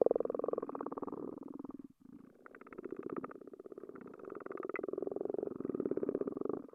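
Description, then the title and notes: Frogs making fast, rattling pulse trains underwater that run almost continuously, break briefly, then return. Frogs underwater, hydrophone. "Hydrophone Recording of Frogs. Capturing Wildlife Sound: A Useful Guide"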